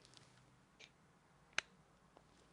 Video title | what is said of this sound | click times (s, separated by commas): 🔴 Streaming to YouTube, Facebook and Instagram - Trimming List of "Stuff" Printable | don't know if you heard that click just make sure I've done that where oops | 1.6 s